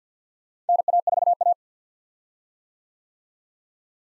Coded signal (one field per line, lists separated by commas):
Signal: Morse code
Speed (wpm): 50 wpm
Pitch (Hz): 700 Hz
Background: none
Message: NA4A